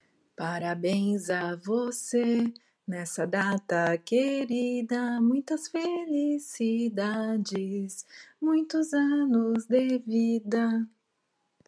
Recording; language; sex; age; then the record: short text; Brazilian Portuguese; female; 40 to 49 years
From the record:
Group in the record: control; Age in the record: 48 years